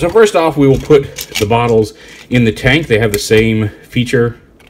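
Someone talks while handling a plastic toy collectible bottle with a hawk and Gatling theme, turning its rotating cap. Faint handling ticks sound near the end, but the rotating top has not clicked into place yet.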